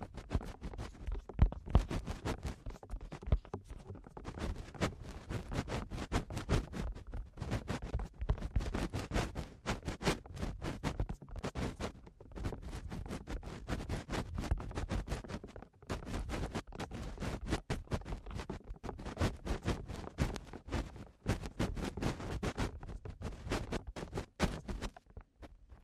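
Eardrum cleaning produces dense, rapid scratching and crackling that continues without pause for the whole stretch, with frequent sharp clicks and rustles.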